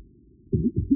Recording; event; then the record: neck accelerometer signal played as sound; no cough (speech, laughter, throat clearing or background)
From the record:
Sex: male